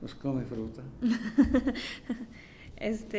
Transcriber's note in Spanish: risas